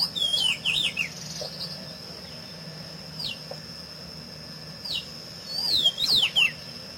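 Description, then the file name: Pedro-ceroulo giving a quick phrase of warbled whistles, scattered thin single notes, then another tumbling phrase, with a steady high-pitched hum in the background. "Canto do pedro ceroulo"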